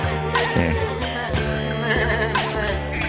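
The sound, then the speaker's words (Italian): Adults imitate goats with a string of overlapping, quavering bleats, wavering up and down in pitch and kept up steadily at a fairly loud level for the whole stretch. “non sono neanche capre, sono degli adulti che fanno le capre”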